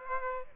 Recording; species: mosquito wingbeat signal from an infrared sensor; Aedes aegypti